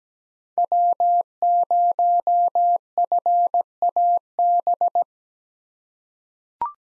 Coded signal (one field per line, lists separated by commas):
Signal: Morse code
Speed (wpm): 17 wpm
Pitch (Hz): 700 Hz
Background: none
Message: W0FAB